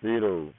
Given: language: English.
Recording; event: throat vibration sensor signal played as sound; speech